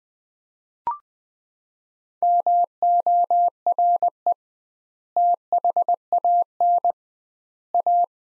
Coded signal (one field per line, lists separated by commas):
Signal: Morse code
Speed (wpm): 20 wpm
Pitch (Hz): 700 Hz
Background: none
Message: MORE THAN A